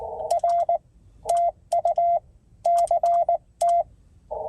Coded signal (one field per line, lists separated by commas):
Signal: Morse code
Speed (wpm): 19 wpm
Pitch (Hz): 690 Hz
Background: none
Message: R TU CT